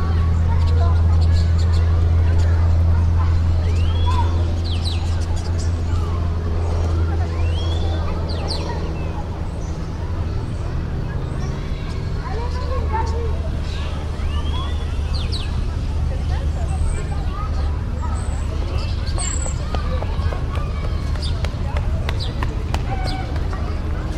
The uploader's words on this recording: City Park Ambience. Relax outside at your favorite city park on a warm, sunny day. Birds chirp, children play, and traffic rumbles softly in the distance.